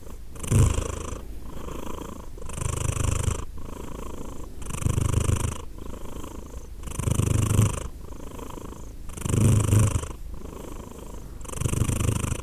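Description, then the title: Cat purr, deep rhythmic rumble rising louder on each breath about every two seconds, steady and unbroken. Cat named Edith purring; Glasgow, Scotland; December 2023. "Edith purring, Glasgow, Scotland in December 2023 – by Steve Urquhart"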